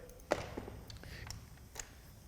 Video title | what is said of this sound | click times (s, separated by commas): Folding E-Bikes - Rider Guide | drop that down pull the latch out towards the drive side lift it up until you hear that click | 0.3 s